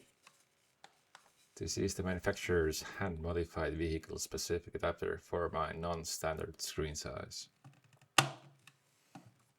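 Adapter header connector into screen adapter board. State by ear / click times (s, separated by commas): seated / 8.2 s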